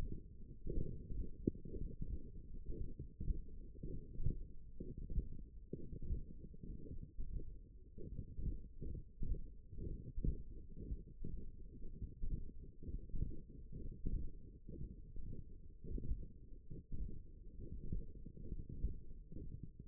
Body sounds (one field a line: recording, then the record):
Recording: forearm muscle sounds (acoustic myography)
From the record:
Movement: tripod grip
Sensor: system 1, eight BSWA MPA416 microphones around the upper forearm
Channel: 7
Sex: male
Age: 23 years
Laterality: right